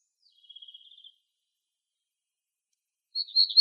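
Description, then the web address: Black-throated gray warbler song: a quick run of thin buzzy notes, a pause of about two seconds, then a louder burst of high notes. Recorded in Arizona on 17 April 2004. "Dendroica BTYW. deviche"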